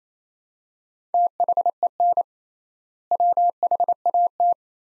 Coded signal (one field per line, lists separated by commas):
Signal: Morse code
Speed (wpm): 28 wpm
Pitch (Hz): 700 Hz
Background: none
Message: THEN WHAT